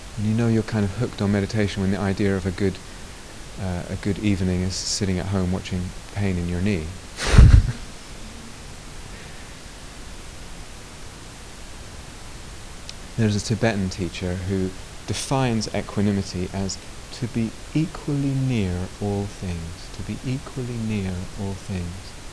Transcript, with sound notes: You know you're kind of hooked on meditation when the idea of a good evening is sitting at home watching the pain in your knee. [laughter] There's a Tibetan teacher who defines equanimity as "to be equally near all things," to be equally near all things.